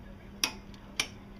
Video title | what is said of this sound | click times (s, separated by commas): 2001 Neon: Part XXIII Install Timing Belt | it clicks hold it | 0.4 s